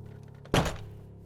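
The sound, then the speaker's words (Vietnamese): A heavy, booming bang on a wooden door fitted with glass, one forceful blow with a quick second knock folded into it, hard enough to seem to strain the hinges, standing out loudly against a low, steady hum with no voices. “Bên ngoài chợt vang lên tiếng đập cửa uỳnh uỳnh, lực đập mạnh như muốn lông cả bản lề.”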